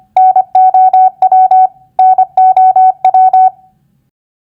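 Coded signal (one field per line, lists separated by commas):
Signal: Morse code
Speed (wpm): 25 wpm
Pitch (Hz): 750 Hz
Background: none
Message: NOW NOW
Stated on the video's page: Morse practice for common three-letter word recognition at 25 wpm.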